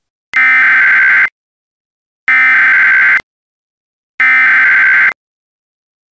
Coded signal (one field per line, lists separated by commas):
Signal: Emergency Alert System (SAME) tones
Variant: header bursts